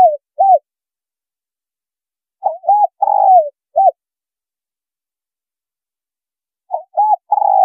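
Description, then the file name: Spotted dove cooing repeatedly: short notes followed by a long falling coo and a clipped final note, phrases coming several seconds apart. Female bird. "Tieng cu gay mai"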